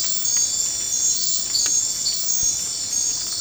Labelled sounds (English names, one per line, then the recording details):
none
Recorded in dense forest near Puerto Asís, Putumayo, Colombia, on 13 March 2025 at 23:30
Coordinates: 0.500, -76.322
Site GP06